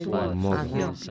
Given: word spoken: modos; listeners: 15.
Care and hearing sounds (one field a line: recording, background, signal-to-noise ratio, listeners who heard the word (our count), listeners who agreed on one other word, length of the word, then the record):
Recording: one Spanish word in noise, from a listening test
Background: four-talker babble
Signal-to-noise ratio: -0.5 dB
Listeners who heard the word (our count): 1 of 15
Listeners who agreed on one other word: 7 of 15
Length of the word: 0.70 s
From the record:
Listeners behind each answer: 7, 2, 1, 1, 1, 1, 1, 1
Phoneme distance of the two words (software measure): 31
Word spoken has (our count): 2 syllables, 5 phonemes, stress on syllable 1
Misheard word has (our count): 2 syllables, 4 phonemes, stress on syllable 2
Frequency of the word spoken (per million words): 37.77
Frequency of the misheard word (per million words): 207.72